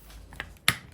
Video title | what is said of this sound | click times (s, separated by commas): MINI MOTOSIERRAS de PODA a bateria parkside 20v y 12v | encaixou, mas quando for apertar não aperte o botão, afrouxe um pouco | 0.7 s